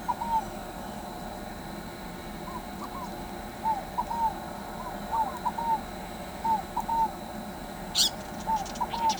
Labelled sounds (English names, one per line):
Scaled Dove
House Wren